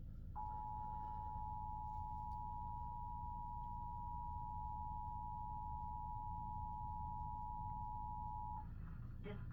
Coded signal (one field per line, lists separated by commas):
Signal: Emergency Alert System (SAME) tones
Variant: 853 and 960 Hz attention tone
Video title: eas svr Eas#95